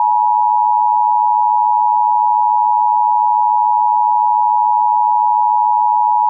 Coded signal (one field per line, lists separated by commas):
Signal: Emergency Alert System (SAME) tones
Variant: 853 and 960 Hz attention tone